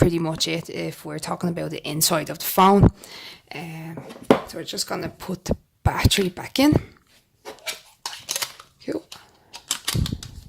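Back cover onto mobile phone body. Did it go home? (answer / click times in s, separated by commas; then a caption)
yes / 8.1 s, 9.7 s. Someone talks while putting the battery back into an ALBA 1.8 mobile phone, then presses the plastic back cover onto the phone body. Sharp clicks sound at 8.1 s and 9.7 s, one for each side, as the cover snaps shut and the phone is closed and ready to go.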